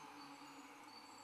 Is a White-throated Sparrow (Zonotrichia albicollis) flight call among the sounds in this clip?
no